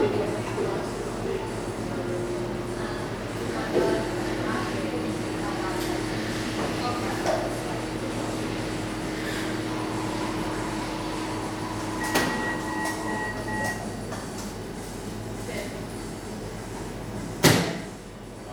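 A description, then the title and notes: Steady, dense coffee shop murmur sits over a low constant hum, with a held mid-pitched tone running through the first thirteen seconds. Brief higher tones and scattered clicks appear around twelve seconds, and a sharp clatter near the end precedes a quieter moment. Coffee shop, part 3.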